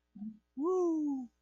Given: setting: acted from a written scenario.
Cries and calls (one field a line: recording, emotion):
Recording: vocal sound without words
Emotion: elation